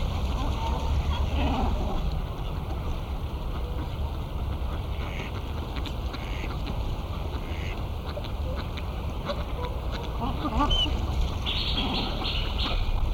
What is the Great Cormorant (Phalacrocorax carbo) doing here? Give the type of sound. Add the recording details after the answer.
call. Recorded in captivity. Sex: group. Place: Zoo Berlin, Berlin, DE. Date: 1996-01-06 13:00. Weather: bedeckt, -4°C. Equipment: Sony WM-D6C, Sennheiser ME 80, Kopie Uher 4000 Report Monitor. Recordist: Tembrock, Günter. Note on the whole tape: Kormoran-Gruppe, Singschwan (Cygnus cygnus) Paar, Stockente (Anas platyrhynchos): Männchen Grunzpfiffe